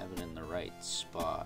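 A plastic flame-effect accessory is being handled against a specific spot on an action figure's weapon, where it has to sit in the right place to clip on. Someone talks throughout, and nothing has snapped on or seated yet by the end of the clip.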